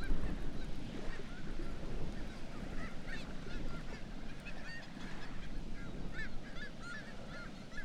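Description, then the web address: Black-legged kittiwakes calling as a colony, nasal arched calls overlapping and growing busier after three seconds, over a steady low rumble. "Black legged kittiwake. دانلود-صدای-پرنده-کاکایی-پاسیاه"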